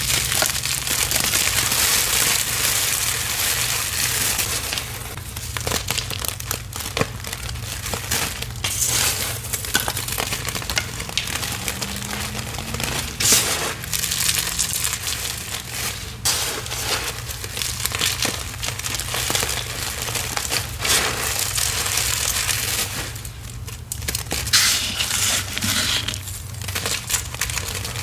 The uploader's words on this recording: Confetti Overload Series!